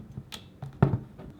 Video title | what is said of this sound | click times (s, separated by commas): Panasonic Lumix G7 Unboxing and Initial Setup | and gently turn it clockwise until it locks into place. | 0.8 s